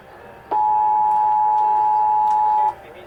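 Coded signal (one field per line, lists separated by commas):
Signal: Emergency Alert System (SAME) tones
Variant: 853 and 960 Hz attention tone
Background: speech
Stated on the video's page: Required monthly tests for Kern and Los Angeles counties, caught live while visiting Palm Desert.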